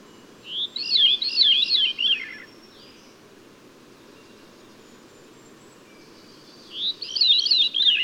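Bird singing two warbled phrases several seconds apart, each a rising note followed by fast up-and-down whistled notes; a faint high tone between them.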